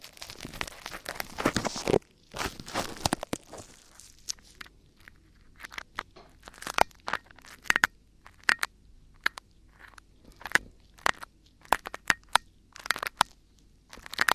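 Ear cleaning sounds: a dense, rustling scrape for the first two seconds, a brief pause, then another burst near three seconds. After that come sparse, sharp crackles and clicks, bright and irregular, spaced by short silences, with a faint low hum underneath.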